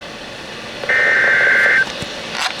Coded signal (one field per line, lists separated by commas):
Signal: Emergency Alert System (SAME) tones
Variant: header bursts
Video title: Severe Thunderstorm Warning 5 On KXI46 3/19/2025 (EAS #2,739)